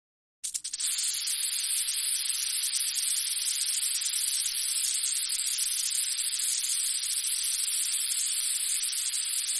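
Rattlesnake rattle: a few quick clicks, then a steady, hissing buzz that holds unbroken to the end.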